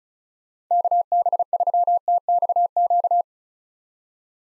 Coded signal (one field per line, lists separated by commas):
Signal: Morse code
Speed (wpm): 44 wpm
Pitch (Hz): 700 Hz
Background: none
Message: KB3TXQ